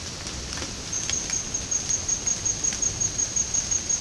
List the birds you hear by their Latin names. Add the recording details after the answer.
none. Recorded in dense forest near Puerto Asís, Putumayo, Colombia, on 18 February 2024 at 14:00. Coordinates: 0.503, -76.322. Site G6418